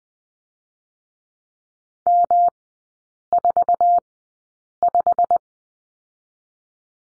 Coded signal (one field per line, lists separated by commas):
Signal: Morse code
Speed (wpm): 20 wpm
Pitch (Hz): 700 Hz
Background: none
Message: M45